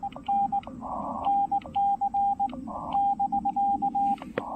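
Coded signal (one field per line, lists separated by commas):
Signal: Morse code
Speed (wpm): 19 wpm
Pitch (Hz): 800 Hz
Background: radio noise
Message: N NC <BK>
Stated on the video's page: Morse from a Parks On The Air activation on the Blue Ridge Parkway using a Xiegu X5105 with an MFJ-1984LP EFHW antenna.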